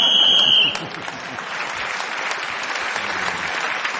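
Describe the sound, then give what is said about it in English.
A single sustained, shrill referee's whistle blows for under a second, marking the end of a round in a quiz game, then steady applause from an audience carries on to the end. “with the help of Paul Merton, kept going to the whistle, went, gained that extra point, and she's now in the lead at the end of that round.”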